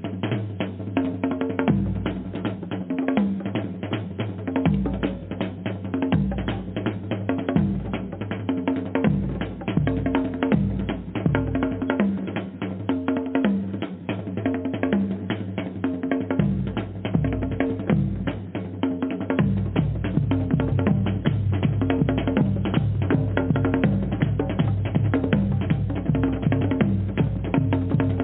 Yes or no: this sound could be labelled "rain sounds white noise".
no